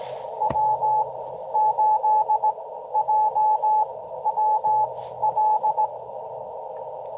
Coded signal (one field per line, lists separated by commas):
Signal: Morse code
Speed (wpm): 17 wpm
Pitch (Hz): 860 Hz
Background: radio noise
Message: W8JWL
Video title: N2AKJ is live! Doing pota at us-2149 #pota #ssb